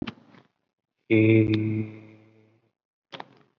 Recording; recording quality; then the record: sustained vowel as in made; excellent, no background noise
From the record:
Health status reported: COVID-19 positive, mild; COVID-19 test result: positive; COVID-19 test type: RT-PCR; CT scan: not taken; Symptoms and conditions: cough, breathing difficulty, fatigue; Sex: male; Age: 30 years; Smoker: no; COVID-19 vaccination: none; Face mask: not worn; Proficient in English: yes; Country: India